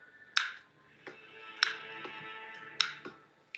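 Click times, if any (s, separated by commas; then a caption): 0.4 s, 1.6 s, 2.8 s. While walking, the locking pin of a prosthetic liner ratchets deeper into the shuttle lock of a leg socket, giving sharp clicks at 0.4, 1.6 and 2.8 seconds. Softer knocks sound between them, near 1.1 and 3.1 seconds, and another sharp tick comes at the very end. The pin is seated further in the lock.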